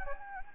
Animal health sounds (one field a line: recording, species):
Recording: mosquito wingbeat signal from an infrared sensor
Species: Anopheles gambiae